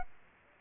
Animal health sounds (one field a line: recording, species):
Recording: mosquito wingbeat signal from an infrared sensor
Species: Aedes aegypti